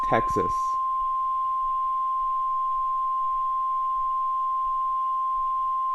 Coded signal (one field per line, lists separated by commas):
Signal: Emergency Alert System (SAME) tones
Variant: 1050 Hz attention tone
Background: speech